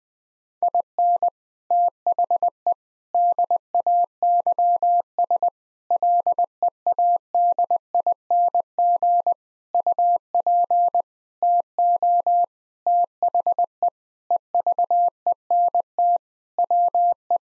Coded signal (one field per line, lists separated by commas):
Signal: Morse code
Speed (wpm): 20 wpm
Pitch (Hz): 700 Hz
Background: none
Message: IN THE DAYS LEADING UP TO THE EVENT WE